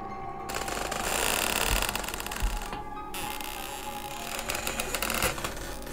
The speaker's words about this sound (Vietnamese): Lão với tay đóng cánh cửa gian chính lại, trong lòng giấm dứt không yên. Cánh cửa gỗ của ngôi nhà ọp ẹp, tiếng bản lề khô dầu vang lên những tiếng kèn kẹt kèn kẹt.